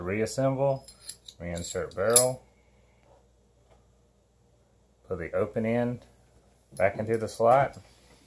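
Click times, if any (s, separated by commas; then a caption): none. During reassembly of a Taurus TCP 380 pistol, the barrel is being inserted back through the slot in the slide, to be pushed down into the little flat area. Someone talks in bursts, with a faint, brief handling tap near 3.0 s in the quiet gap. Nothing has seated or clicked yet.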